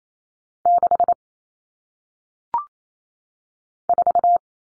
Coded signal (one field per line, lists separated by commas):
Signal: Morse code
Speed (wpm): 28 wpm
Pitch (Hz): 700 Hz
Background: none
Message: 6 4